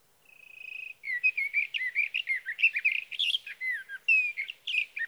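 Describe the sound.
Sage thrasher song: a steady trilled note, then a long, rapid run of jumbled warbled phrases, high and continuous for about four seconds.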